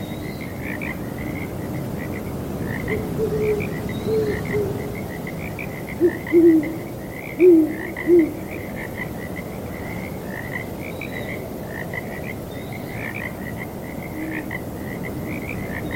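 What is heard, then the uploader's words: A steady, bright chorus of frogs trills throughout while low owl hoots sound around six to eight seconds over soft breezy rumble. Owls Hooting and Frogs on Breezy Night.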